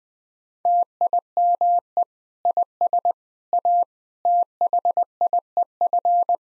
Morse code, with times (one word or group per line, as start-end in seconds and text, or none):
0.7-2.0 TIME
2.5-3.1 IS
3.5-3.8 A
4.3-6.4 THIEF